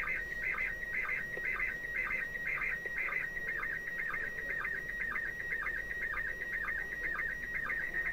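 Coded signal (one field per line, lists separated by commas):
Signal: SSTV (slow-scan television)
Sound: steady warbling tone around 1.9 kHz, interrupted by rhythmic buzzy chirps about twice per second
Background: radio static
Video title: Women in space ISS SSTV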